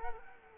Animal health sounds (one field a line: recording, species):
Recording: mosquito wingbeat signal from an infrared sensor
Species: Culex quinquefasciatus